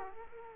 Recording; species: mosquito wingbeat signal from an infrared sensor; Culex quinquefasciatus